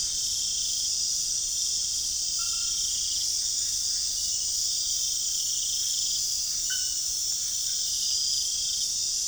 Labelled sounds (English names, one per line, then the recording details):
none
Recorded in pastures near Puerto Asís, Putumayo, Colombia, on 25 June 2025 at 22:00
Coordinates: 0.466, -76.322
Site GP07